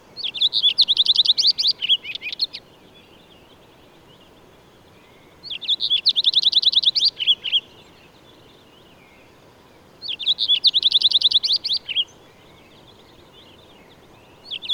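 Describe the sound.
Bird song in short bursts of rapid, high buzzy trills, each phrase about two seconds long and repeated roughly every four to five seconds over a steady low hiss.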